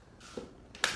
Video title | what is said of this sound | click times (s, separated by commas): Facebook Live: Comparing 3 popular pushchairs - Tinum, Oyster 3 and Ocarro! | Popping them all back in is nice and simple. Hear the nice strong clicks, | 0.7 s, 0.8 s